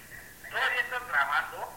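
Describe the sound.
Two strained, guttural retching heaves from a man on a gay cruise ship come through a thin, tinny phone line, each lasting under half a second, followed by a fainter trailing groan.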